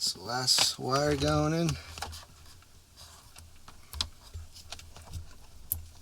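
Someone talks briefly, followed by quiet handling sounds and small taps as the last wire's terminal pin is pushed into the plastic switch panel connector housing. A sharp click at 5.7 s marks the last connector pin snapping home, fully seated.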